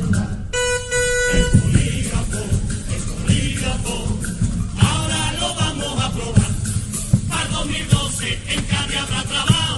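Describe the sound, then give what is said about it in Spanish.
A loud, steady horn blast with a buzzy, brassy tone, the horn of the 'Polígrafo 2000' lie-detector machine, sounds for about a second near the start, then gives way to a dense, clattering wash of noise. “Si alguien miente en un juicio, sonaría esta bocina.”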